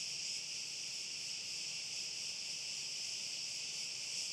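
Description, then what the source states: Crickets trilling continuously, a bright, even, high shimmering chorus with no breaks, over faint low background noise. With wind.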